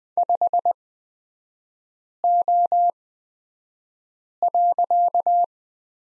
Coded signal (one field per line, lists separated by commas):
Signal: Morse code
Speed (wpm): 20 wpm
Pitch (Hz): 700 Hz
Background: none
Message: 5O.